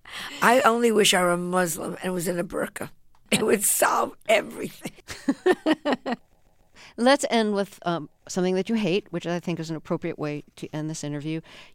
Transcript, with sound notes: I only wish I were a Muslim and was in a burqa. It would solve everything.
(LAUGHTER)
Let's end with something that you hate, which I think is an appropriate way to end this interview.